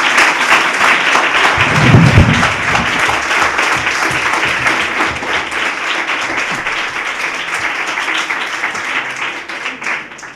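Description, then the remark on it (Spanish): Loud, sustained applause from a radio show audience welcoming tennis player Nicolás Almagro, a dense crackle of many hands clapping at once that holds steady for about ten seconds, with a brief cheer near the start. “Os pido un fuertísimo aplauso.”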